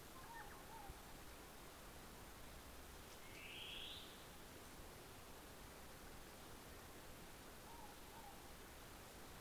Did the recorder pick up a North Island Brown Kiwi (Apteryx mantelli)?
no